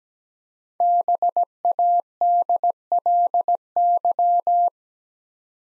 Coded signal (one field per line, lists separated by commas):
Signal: Morse code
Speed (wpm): 17 wpm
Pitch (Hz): 700 Hz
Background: none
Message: BADLY